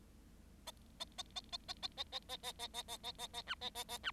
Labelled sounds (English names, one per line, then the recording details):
Bengalese Finch song
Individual Bird7